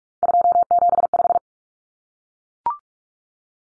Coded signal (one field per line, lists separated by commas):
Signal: Morse code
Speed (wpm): 44 wpm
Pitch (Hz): 700 Hz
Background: none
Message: 275